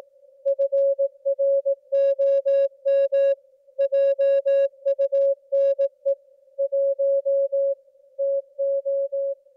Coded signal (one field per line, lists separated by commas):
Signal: Morse code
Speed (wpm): 18 wpm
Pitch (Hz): 550 Hz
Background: music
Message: FROM JUNE 1 TO